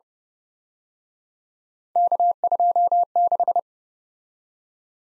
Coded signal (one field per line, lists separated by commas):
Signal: Morse code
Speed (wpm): 30 wpm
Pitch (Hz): 700 Hz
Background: none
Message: K26